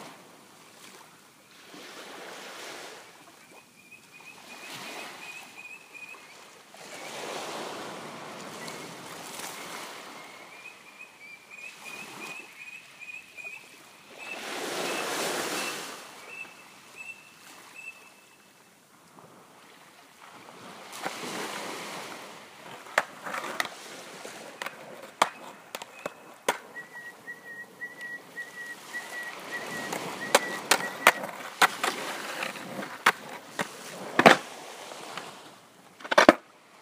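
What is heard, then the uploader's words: Waves break on a sandy shore in repeated washes, swelling and fading every few seconds, loudest around 15 and 30 seconds. A thin, high chirping bird call recurs near the start and again around 27 seconds, and sharp clicks and knocks pile up toward the end. Long Beach Sandy Bay - Waves - Skate - Bird. It was cold and dark early on a Sunday morning. Calming sounds of waves breaking on the shore.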